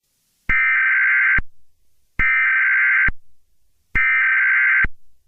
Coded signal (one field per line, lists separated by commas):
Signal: Emergency Alert System (SAME) tones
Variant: header bursts